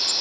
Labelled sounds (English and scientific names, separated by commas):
Tennessee Warbler (Leiothlypis peregrina) flight call